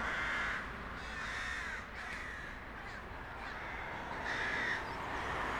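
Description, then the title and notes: Crows giving harsh caws in short bursts, a few spaced calls over a constant background of street noise. Crows in a small park near the Rhine bank, Josef-Bueb-Straße, Breisach am Rhein, Germany, with street noise. "Josef-Bueb-Straße, 79206 Breisach am Rhein, Deutschland - Krähen und Straßenlärm. Kleiner Park nähe Rheinufer. Straßen- und Krähenlärm"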